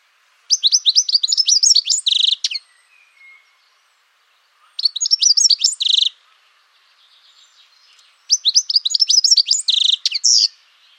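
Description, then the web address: Bird song in three bursts roughly every four seconds, each a fast series of sharp, high, chattering notes lasting about one to two and a half seconds, with faint soft notes between. "Deverinetal. Bird Only"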